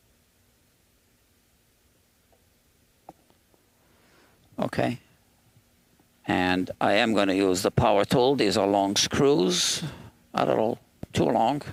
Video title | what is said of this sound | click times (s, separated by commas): PRS DGT Repair & Setup - the setup - part 4 | back first until it clicks and then go forward | 3.1 s